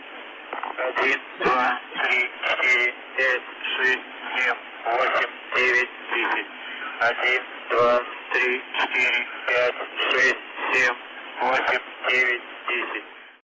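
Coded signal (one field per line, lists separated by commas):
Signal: numbers station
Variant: UVB-76, Russian voice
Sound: a male voice speaking short, evenly spaced words over a narrow radio channel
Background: radio static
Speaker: No dia 5, às 3h30 da tarde no horário de Moscou, uma voz masculina iniciou uma contagem de 1 a 10 em russo.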